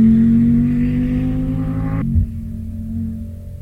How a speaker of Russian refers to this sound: Ты продуктов домой купи», – сердито сказала Далила, лихо посылая автомобиль на обгон.